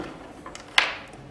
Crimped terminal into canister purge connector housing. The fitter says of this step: and install till it clicks